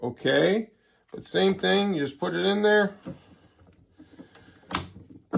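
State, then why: Seated. An offset attachment is pushed onto the nose of a DeWalt DCD803 cordless drill/driver while someone talks, with a few faint clicks and rattles as it is fitted. At 4.8 s a sharp snap is heard as the attachment locks into place and seats onto the driver.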